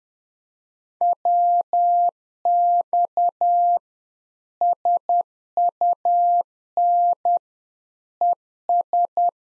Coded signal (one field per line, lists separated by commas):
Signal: Morse code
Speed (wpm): 10 wpm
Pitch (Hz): 700 Hz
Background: none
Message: WX SUN ES